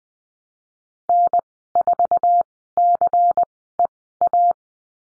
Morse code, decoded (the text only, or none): N4CEA